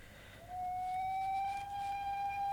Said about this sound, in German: Was pfeift denn da? Ah, drüben ist der Nordbahnhof.